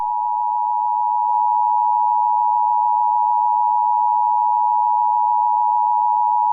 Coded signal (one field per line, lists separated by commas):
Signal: Emergency Alert System (SAME) tones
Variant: 853 and 960 Hz attention tone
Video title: EAS Scenario: EF6 Tornado